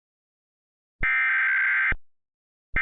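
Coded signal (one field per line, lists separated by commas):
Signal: Emergency Alert System (SAME) tones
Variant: header bursts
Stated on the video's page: Mock boil water advisory alert made on request, not a real broadcast.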